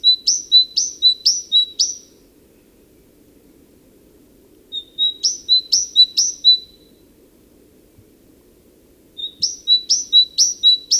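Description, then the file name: Great tit with bursts of quick two-note phrases, a bright high note then a lower whistle, repeated several times per burst, pausing between bursts. "Parus major"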